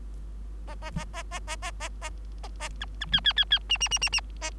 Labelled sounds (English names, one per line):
Bengalese Finch song